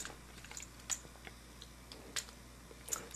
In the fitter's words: actually lock into place there we go